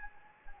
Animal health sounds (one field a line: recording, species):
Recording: mosquito wingbeat signal from an infrared sensor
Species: Anopheles gambiae